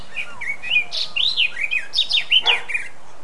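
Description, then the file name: Eurasian blackcap song: a quick phrase of scratchy notes running into clear, fluting whistles that swoop up and down. "Sylvia atricapilla"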